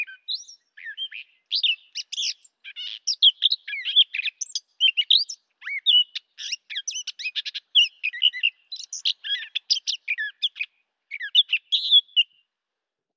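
A brown thrasher sings one long, unbroken string of short phrases: quick whistles, sliding notes, chirps and a rapid buzzy rattle near the middle. The phrases come fast, often in pairs, sitting high and bright with nothing underneath. Clear throughout, ending around twelve seconds.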